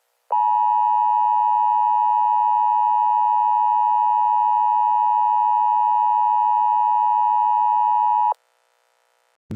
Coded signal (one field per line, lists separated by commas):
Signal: Emergency Alert System (SAME) tones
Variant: 853 and 960 Hz attention tone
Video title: EAS Scenario 1: Cartoon Cat (Old and Bad video, stop watching)